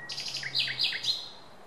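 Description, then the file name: Common nightingale giving a brief run of several quick repeated notes, each dropping in pitch, sharp and rhythmic, ending in quiet. "Luscinia megarhynchos"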